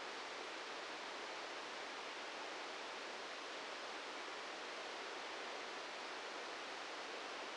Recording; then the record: brain microelectrode recording played as sound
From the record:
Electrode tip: outside the subthalamic nucleus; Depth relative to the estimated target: 2 mm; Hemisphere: left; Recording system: NeuroSet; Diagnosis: Parkinson's disease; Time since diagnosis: 13 years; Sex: male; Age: 66 years